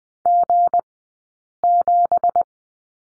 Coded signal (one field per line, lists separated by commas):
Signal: Morse code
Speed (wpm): 20 wpm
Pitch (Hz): 700 Hz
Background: none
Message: G7